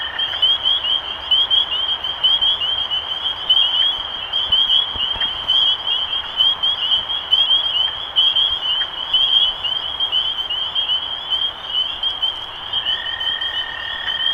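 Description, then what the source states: Spring peepers peeping in a thick chorus, bright rising notes repeated constantly, with a lower sustained tone entering toward the close. Recorded 23 March 2012.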